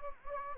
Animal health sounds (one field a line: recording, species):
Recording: mosquito wingbeat signal from an infrared sensor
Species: Anopheles gambiae